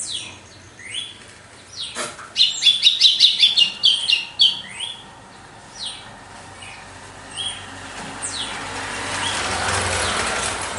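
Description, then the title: Red-cowled cardinal song: a brisk run of high, choppy notes, then scattered whistles as a broad hiss rises toward the end. Female singing after the moult; contest (disputa) song. "Canto Galo Campina Fêmea 02. GALO DE CAMPINA DEPOIS DA MUDA (disputa)"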